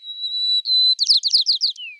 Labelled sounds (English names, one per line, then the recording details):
White-crowned Sparrow song
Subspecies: nuttalli
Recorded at Commonweal, California, in 2013
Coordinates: 37.913, -122.721
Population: north
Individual prboJ_13